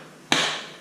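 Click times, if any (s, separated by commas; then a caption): 0.3 s. A metal bicycle chain connecting link, joining the two ends of a bicycle chain, is pushed together with a bit of force until it locks. A single sharp, bright snap sounds at 0.3 s and fades away over about half a second. The link snaps into place and is seated.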